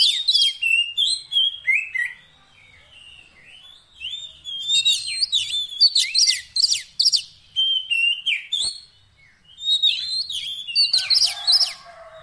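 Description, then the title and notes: Oriental magpie-robin song: varied sliding whistles and sharp chips in continuous phrases, slightly quieter midway, ending with a rough scratchy burst. Long-duration 'isian' fill-in song track, meant to make the kacer sing actively day and night. "Kacer Jadi Gacor Siang Malam. Isian Kacer Durasi Panjang"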